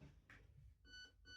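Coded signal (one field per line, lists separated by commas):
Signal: beep code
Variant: Specna Arms HAL ETU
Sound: a soft click, then a steady mid-pitched electronic beep, and another beep cut off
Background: room tone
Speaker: So I've got one beep is level one.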